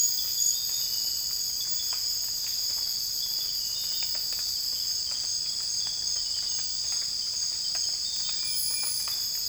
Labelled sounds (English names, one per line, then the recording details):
none
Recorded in dense forest near Puerto Asís, Putumayo, Colombia, on 20 December 2024 at 02:00
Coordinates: 0.484, -76.325
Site G056